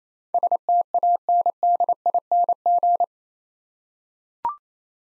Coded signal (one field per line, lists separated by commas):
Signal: Morse code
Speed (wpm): 28 wpm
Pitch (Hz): 700 Hz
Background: none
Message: STANDING